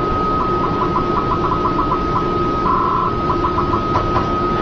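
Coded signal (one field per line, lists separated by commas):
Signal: 300-baud modem data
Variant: 300 baud FSK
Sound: steady mid-pitched carrier tone broken by about a dozen short warbling chirps, one longer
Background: low background hum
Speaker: I will let you hear this and I will hit some keys on the keyboard you'll hear it modulate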